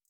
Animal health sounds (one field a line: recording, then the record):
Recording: hydrophone in a shrimp aquaculture tank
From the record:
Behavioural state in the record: feeding